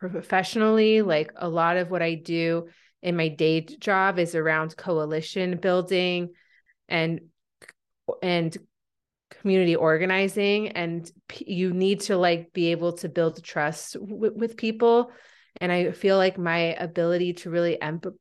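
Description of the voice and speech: An adult woman who stutters, and has had speech therapy since a young age, speaks conversationally on an especially disfluent day. Her speech has silent blocks of up to a second, a repeated 'and' before 'community', and stretched or held sounds, such as a prolonged 'p' before 'you'. These blocks, repetitions and prolongations are typical of stuttering.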